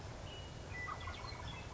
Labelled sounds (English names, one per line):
Western Meadowlark